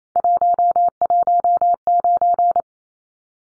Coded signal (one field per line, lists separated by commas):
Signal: Morse code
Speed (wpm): 28 wpm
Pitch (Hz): 700 Hz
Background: none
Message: 119